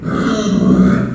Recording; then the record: squeal of a Yucatan mini pig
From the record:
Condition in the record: after surgery on the right vocal fold (resection and tissue-engineered implant); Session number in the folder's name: 6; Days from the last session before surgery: 40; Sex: female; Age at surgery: 19 weeks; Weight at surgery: 25 kg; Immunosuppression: prednisolone